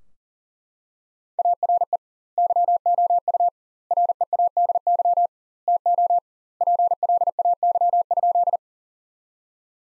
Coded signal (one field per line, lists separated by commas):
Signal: Morse code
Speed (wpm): 40 wpm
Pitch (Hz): 700 Hz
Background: none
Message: ARE YOU READY TO PLAY?